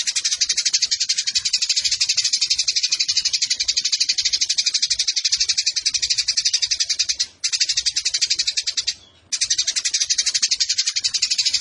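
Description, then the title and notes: Eurasian tree sparrow rapid rattling chatter of high chirps running continuously, pausing twice for a moment. Fighting sparrow with long bursts and a clear voice; masteran tutor song for competition birds. "GEREJA TARUNG NEMBAK PANJANG SUARA JERNIH MASTERAN WAJIB BURUNG LOMBA. Burung Gereja"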